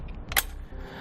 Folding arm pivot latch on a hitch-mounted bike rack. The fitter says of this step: it all the way down till it clicks that loud audible click is something too is pretty proud of they want to make sure that you know it's locked in place before you get going